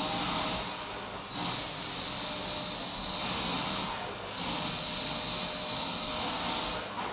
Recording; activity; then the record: daily activity, microphone in the room; vacuum cleaning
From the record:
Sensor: 1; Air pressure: 991.8 hPa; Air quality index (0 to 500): 184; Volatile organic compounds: 1000 ppm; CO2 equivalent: 7039 ppm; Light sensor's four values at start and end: 27/93/36/36 and 27/93/36/36